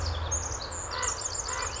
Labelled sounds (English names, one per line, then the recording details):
Pacific Wren
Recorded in Sonoma County, California